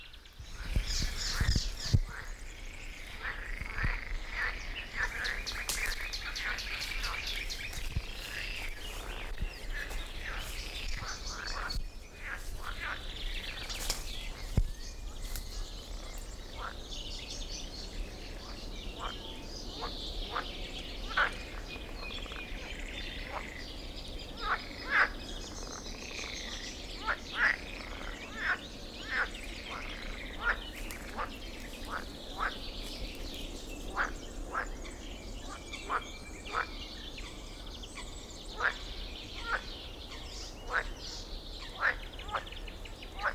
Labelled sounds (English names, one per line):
Icterine Warbler